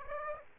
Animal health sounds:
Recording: mosquito wingbeat signal from an infrared sensor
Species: Aedes aegypti

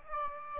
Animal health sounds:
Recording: mosquito wingbeat signal from an infrared sensor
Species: Aedes aegypti

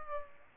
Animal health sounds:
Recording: mosquito wingbeat signal from an infrared sensor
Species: Aedes aegypti

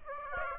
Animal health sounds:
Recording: mosquito wingbeat signal from an infrared sensor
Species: Aedes aegypti

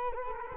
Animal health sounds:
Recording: mosquito wingbeat signal from an infrared sensor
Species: Culex quinquefasciatus

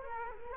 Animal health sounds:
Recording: mosquito wingbeat signal from an infrared sensor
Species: Culex quinquefasciatus

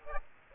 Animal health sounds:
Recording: mosquito wingbeat signal from an infrared sensor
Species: Aedes aegypti

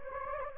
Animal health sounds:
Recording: mosquito wingbeat signal from an infrared sensor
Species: Anopheles gambiae

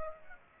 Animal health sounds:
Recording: mosquito wingbeat signal from an infrared sensor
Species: Aedes aegypti

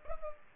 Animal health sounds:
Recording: mosquito wingbeat signal from an infrared sensor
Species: Culex pipiens

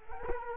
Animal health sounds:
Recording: mosquito wingbeat signal from an infrared sensor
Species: Culex quinquefasciatus

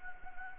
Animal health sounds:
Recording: mosquito wingbeat signal from an infrared sensor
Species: Anopheles gambiae

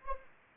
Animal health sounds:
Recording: mosquito wingbeat signal from an infrared sensor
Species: Anopheles arabiensis

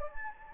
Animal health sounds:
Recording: mosquito wingbeat signal from an infrared sensor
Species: Anopheles gambiae

